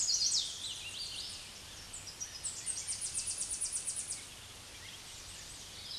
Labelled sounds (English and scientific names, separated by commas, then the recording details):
Tennessee Warbler (Leiothlypis peregrina) song
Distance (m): 15 m
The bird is about 15 m above the microphone
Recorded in a Pennsylvania forest on 16 May 2024 at 06:41
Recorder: AudioMoth, point MSD-2107
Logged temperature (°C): 16.1 °C
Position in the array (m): 31 m, 136 m